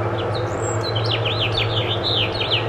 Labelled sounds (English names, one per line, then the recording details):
House Finch song
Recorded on Long Island, New York, on 22 June 2011
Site IT
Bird A